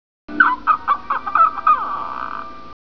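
Parrot giving a quick series of harsh squawking notes that run into a longer, drawn-out tone.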